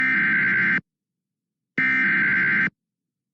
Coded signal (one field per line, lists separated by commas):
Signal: Emergency Alert System (SAME) tones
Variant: header bursts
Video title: DESTRUCTIVE 80 MPH Wind Gusts in Frisco TX EAS Alert